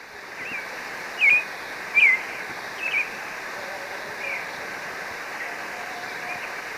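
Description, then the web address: Marañón thrush singing three brief whistled, slurred phrases in quick succession, then pausing, against a constant background hiss. Ecuador. "Birds of Ecuador 22 Maranon thrush"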